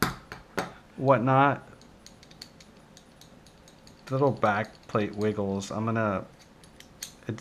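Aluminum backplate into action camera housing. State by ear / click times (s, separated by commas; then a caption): partly seated / 7.0 s. An aluminum backplate is slid and wiggled into an aluminum action camera housing for a GoPro Hero5 Session, making several light metallic taps while someone talks. A click at 7.0 s marks it locking in. It only loosely locks into place and comes out easily, so it is not firmly held.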